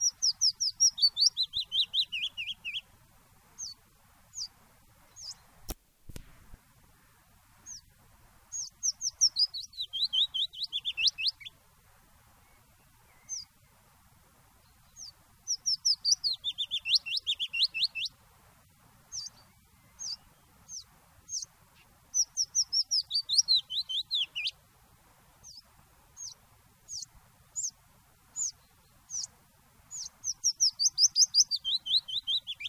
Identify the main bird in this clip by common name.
Willow Warbler